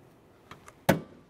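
The rod leading to the door handle of a 2001–2005 Ford Explorer Sport Trac is pressed up and into the door latch. Two faint ticks at about 0.5 and 0.7 s come before a sharp, loud click at 0.9 s as the rod clips into the latch. The rod is seated and holds firm when tugged.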